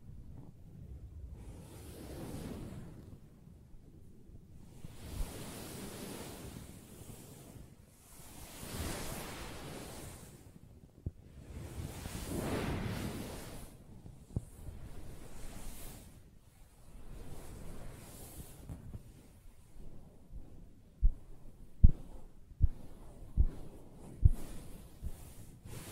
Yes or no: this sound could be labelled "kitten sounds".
no